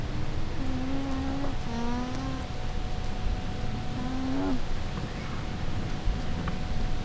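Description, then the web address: Llama humming: low, nasal tones in three short bursts, each with a slight upward bend, over steady wind noise. Llamas in a zoo at Győr, 2014, calling back and forth as if in dialogue, in wind. "allathangok gyorizoo 2014 lama parbeszedetfolytatnak szel"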